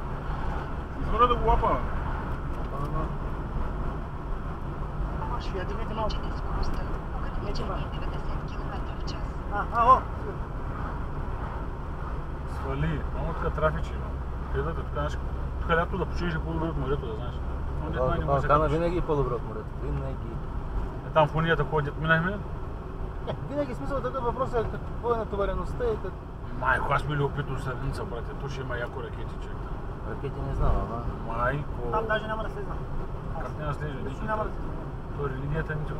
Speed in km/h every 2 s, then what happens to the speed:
52, 53, 57, 57, 56, 54, 49, 51, 50, 52, 50, 50, 51, 50, 52, 52, 54, 53.
0-9 steady at about 56. 9-12 slows to 49. 12-36 steady at about 51.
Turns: none.